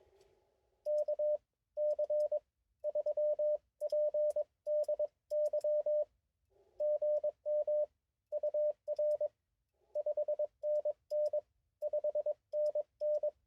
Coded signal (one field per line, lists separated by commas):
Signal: Morse code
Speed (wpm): 21 wpm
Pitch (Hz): 590 Hz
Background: none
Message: K C3PDY GM UR 5NN 5NN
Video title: QRP CQ POTA at Oakley Corners State Forest with the IC 705